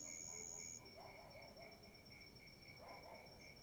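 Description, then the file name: Cricket chirps pulse rapidly and evenly at one high pitch, with a thin steady hum above and soft, indistinct low sounds in the background. Rural night ambience. "Ambiencia rural a noite com grilo, morcego, cachorros latindo e pessoas longe"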